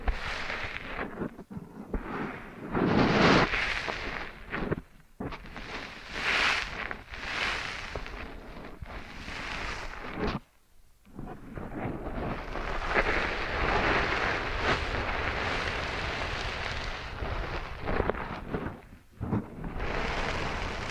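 Ear cleaning and kinetic sand sounds, thick crunchy scraping and rubbing that swells and fades in waves. Dense gritty bursts fill most of the clip, with brief near-silent gaps around 5, 10.5 and 19 seconds before the textured rustling resumes.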